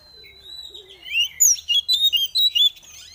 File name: Terapi Suara Burung Kacer Betina Ngeriwik Ngeplong